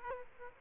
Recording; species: mosquito wingbeat signal from an infrared sensor; Aedes aegypti